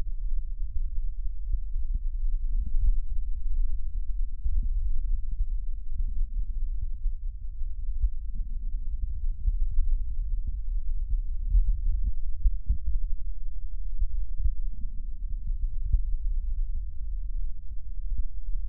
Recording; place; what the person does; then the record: lung sounds by stethoscope; left posterior basal chest; quiet breathing, then deep breathing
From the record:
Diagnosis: COPD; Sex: male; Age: 65 years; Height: 162 cm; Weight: 67.8 kg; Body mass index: 25.8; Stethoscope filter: bell mode